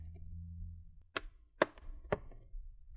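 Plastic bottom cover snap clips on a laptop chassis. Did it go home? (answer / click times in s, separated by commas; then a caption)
released / 1.2 s, 1.6 s, 2.1 s. A plastic guitar pick is pushed between the top and bottom plastic covers of a Lenovo Ideapad Slim 1 81VS laptop and twisted to release the bottom cover's snap clips during a battery replacement. After a low hum, three sharp clicks sound at 1.2, 1.6 and 2.1 seconds, with a faint tick at 1.8 seconds, as the clips pop open and release.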